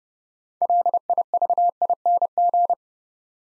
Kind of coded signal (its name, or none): Morse code